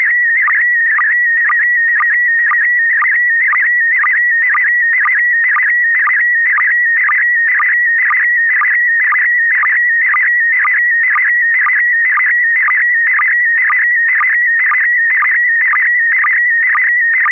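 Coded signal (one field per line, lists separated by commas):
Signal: SSTV (slow-scan television)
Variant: PD120 mode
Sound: warbling tone around 2 kHz with a short low blip twice a second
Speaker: I'm ready. This is KP4MD, and this is also going to be PD120.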